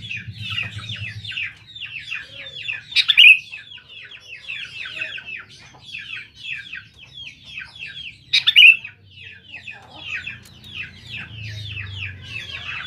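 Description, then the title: Sooty-headed bulbul song: two loud, rich phrases about five seconds apart, within a continuous chorus of chattering birds and a low rumble. "Kutilang"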